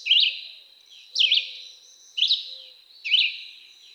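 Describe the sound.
Red-eyed Vireo giving four short, warbled whistled phrases, one roughly every second, each with a quick up-down slur.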